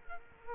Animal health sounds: mosquito wingbeat signal from an infrared sensor; Culex quinquefasciatus

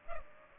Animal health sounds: mosquito wingbeat signal from an infrared sensor; Culex pipiens

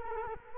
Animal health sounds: mosquito wingbeat signal from an infrared sensor; Culex quinquefasciatus

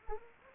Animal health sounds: mosquito wingbeat signal from an infrared sensor; Anopheles gambiae

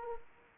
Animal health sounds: mosquito wingbeat signal from an infrared sensor; Anopheles arabiensis

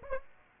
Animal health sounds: mosquito wingbeat signal from an infrared sensor; Aedes aegypti

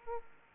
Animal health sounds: mosquito wingbeat signal from an infrared sensor; Aedes aegypti

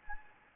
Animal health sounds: mosquito wingbeat signal from an infrared sensor; Anopheles gambiae

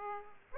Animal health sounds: mosquito wingbeat signal from an infrared sensor; Aedes aegypti

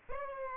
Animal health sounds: mosquito wingbeat signal from an infrared sensor; Aedes aegypti

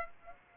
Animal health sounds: mosquito wingbeat signal from an infrared sensor; Aedes aegypti

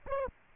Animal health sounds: mosquito wingbeat signal from an infrared sensor; Aedes aegypti

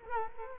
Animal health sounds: mosquito wingbeat signal from an infrared sensor; Culex quinquefasciatus

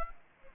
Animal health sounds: mosquito wingbeat signal from an infrared sensor; Aedes aegypti

